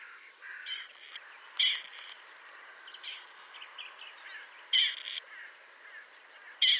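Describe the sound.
Partridge calls, loud rasping notes at irregular intervals with fainter scratchy calls between them, over a mild background hiss.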